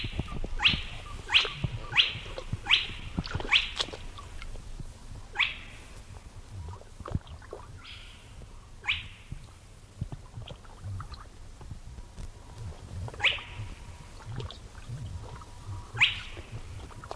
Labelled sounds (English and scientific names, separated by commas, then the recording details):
Spotted Crake (Porzana porzana)
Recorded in the wild
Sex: male
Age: adult
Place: NSG Nonnenhof, Tollensesee, Mecklenburg-Vorpommern, DE
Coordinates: 53.4619, 13.1644
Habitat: wetland
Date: 1967-04-15 21:00
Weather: 4-6°C, zunehmender Sichelmond
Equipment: Tesla Uran, Parabolreflektor
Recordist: Jung, Norbert